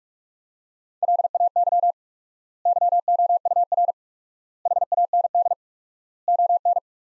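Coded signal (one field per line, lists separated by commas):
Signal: Morse code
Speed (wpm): 46 wpm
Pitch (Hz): 700 Hz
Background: none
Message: LAY YOUR HAND ON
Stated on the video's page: Computer-generated Morse sentence-copying practice from the top 400 words at 45 wpm with 4x standard word spacing, a word-based Farnsworth-like method.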